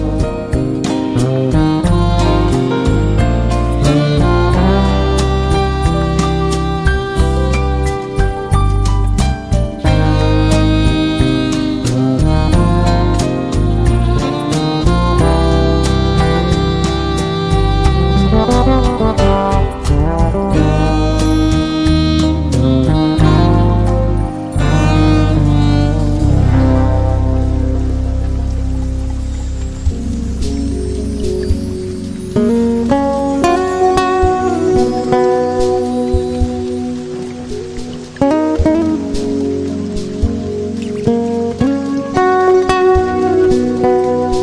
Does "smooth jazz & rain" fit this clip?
yes